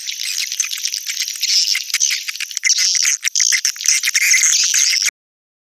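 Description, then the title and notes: Swiftlet twittering, high and buzzy, running continuously for about five seconds before stopping into silence. Swiftlet sound used in swiftlet farming, Asia. "Swiflet Bird Sound. Farming Swiflet Bird asia sound"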